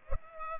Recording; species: mosquito wingbeat signal from an infrared sensor; Culex pipiens